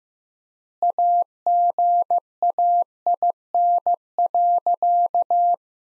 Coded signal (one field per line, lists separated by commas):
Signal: Morse code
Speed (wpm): 15 wpm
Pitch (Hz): 700 Hz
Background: none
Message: AGAIN.